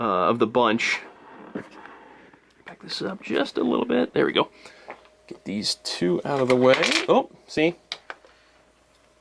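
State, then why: Seated. Someone talks while handling a prototype Mattel Ghostbusters action figure, then pushes a loose plastic piece back into the figure body. A single sharp snap at 8.1 s shows the piece seating back in place, and the figure is not broken.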